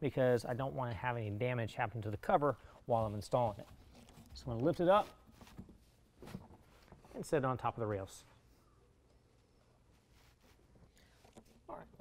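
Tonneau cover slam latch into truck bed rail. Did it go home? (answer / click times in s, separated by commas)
yes / 11.0 s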